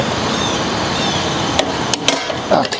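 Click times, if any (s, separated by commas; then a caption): 2.1 s. A click-type torque wrench tightens the flywheel nut on a small engine while the flywheel is pinned through the gears. A steady background hiss runs under a few sharp metallic ticks, and the wrench clicks at 2.1 s as the nut reaches the torque setting. Someone talks.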